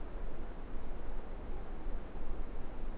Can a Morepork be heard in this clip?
no